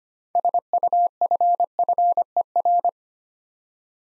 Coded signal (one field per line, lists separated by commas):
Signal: Morse code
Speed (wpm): 25 wpm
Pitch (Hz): 700 Hz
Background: none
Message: SUFFER